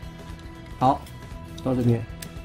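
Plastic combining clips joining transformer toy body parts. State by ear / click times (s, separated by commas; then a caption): not seated / none. The middle combining clips that join the body parts of a plastic transformer toy are handled while someone talks over soft background music. Nothing has seated or clicked yet.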